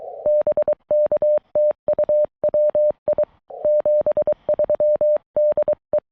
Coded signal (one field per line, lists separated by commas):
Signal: Morse code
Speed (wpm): 23 wpm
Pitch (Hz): 600 Hz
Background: none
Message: BK TU WI 73 DE